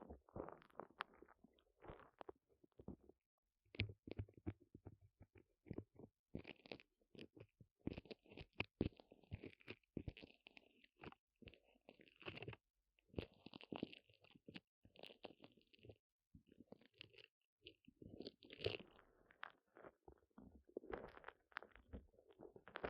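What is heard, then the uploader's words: Foam clay is worked in the ear with dense, irregular crackling and squishing that comes in quick bursts with brief silences between them. Brighter hissing scrapes run through the middle, and low rumbles and crunches appear throughout. ASMR Ear Cleaning clogged with Foam Clay (No Talking).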